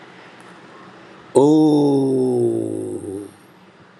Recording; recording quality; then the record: sustained vowel as in boot; excellent, no background noise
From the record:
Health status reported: healthy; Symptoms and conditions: none ticked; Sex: male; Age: 42 years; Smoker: yes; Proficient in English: yes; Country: India